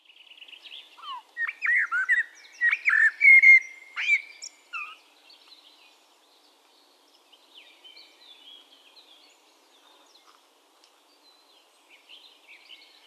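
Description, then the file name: Common blackbird delivering a flowing whistled phrase of several fluty notes with sharp accents, followed by a long stretch of faint, high background chirps. "Turdus merula"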